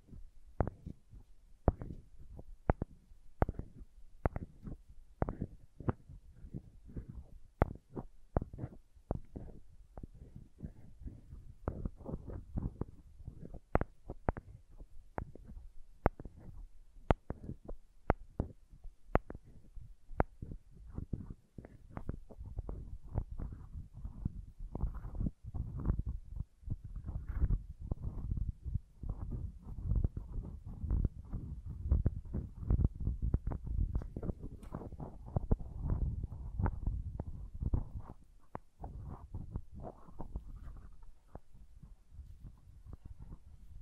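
Crayons tap and scrape in quick, irregular clicks, thinning out after twenty seconds into a denser, low rubbing of carving and drawing strokes.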